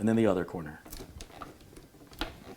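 A G.SKILL Z Royal RAM module from a 64GB kit is pushed by thumb into a motherboard DIMM slot, one corner and then the other, while someone talks, with a sharp latch click at 2.2 s. The click sounds wrong, so the module is not fully seated and is taken out to be done again.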